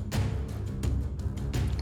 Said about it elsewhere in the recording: My pug snoring in the background, but he's like loud. I'd rather have him sleeping than barking.